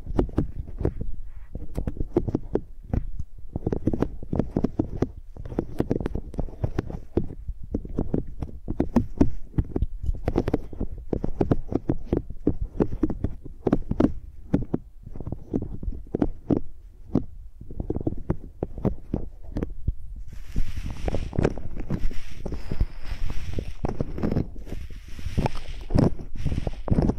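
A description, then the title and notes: Microphones used as pencils make a dense run of low thumps and scratchy taps, with a brighter hiss joining after twenty seconds. Using Mics as Pencils (No Talking).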